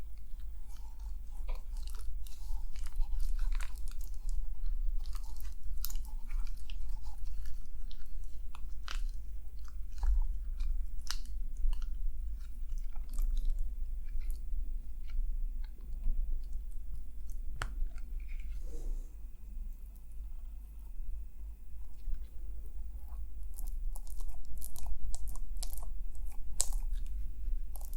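Scalp massage and hair care: dense, irregular scratching and crackly rubbing runs throughout, with quick bright clicks and crunchy bursts scattered every second or so. A steady low hum sits underneath. Around eighteen seconds there is a sharper snap, and the scratching thickens again near the end.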